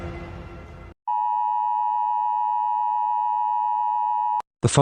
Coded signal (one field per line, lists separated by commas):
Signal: Emergency Alert System (SAME) tones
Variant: 853 and 960 Hz attention tone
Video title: EAS Scenario #23: British National Party Putsch.